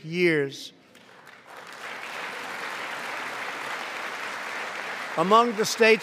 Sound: applause

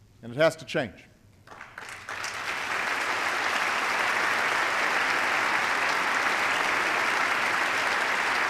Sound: applause

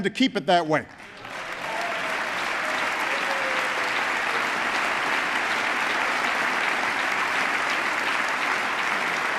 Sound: applause

